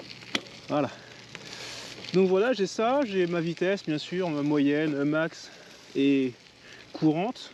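A cyclist clips a shoe cleat back into a clipless bicycle pedal, sometimes clipping in by itself and sometimes not. A sharp click at 0.4 s marks the cleat seating in the pedal, and then someone talks over a steady background hiss.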